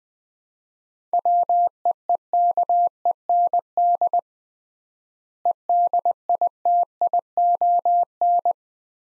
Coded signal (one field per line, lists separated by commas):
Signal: Morse code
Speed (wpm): 20 wpm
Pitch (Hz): 700 Hz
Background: none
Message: WEEKEND EDITION